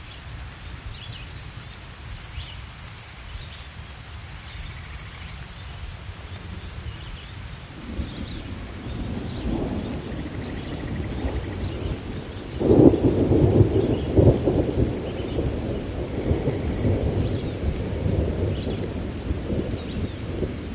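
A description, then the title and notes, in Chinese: Soft rain taps against a window while thunder rumbles low underneath. The first seven seconds hold a quiet, steady patter; then a deep roll swells in, with a louder burst around thirteen seconds that lingers as a long, churning rumble to the end. 夜雨轻雷。柔和的雨滴轻轻敲击窗棂，远处传来阵阵雷鸣声。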